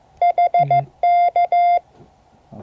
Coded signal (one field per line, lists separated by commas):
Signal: Morse code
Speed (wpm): 15 wpm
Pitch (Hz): 2100 Hz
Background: none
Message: HK